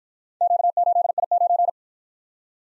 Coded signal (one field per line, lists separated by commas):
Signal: Morse code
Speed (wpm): 53 wpm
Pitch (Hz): 700 Hz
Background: none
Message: Q8I9